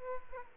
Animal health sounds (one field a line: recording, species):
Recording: mosquito wingbeat signal from an infrared sensor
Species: Aedes aegypti